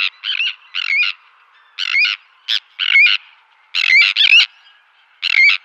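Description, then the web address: Sandwich tern call: repeated harsh, rasping 'kirrick' notes, often doubled, in rapid irregular bursts. "Schulze Peter Sandwich Tern"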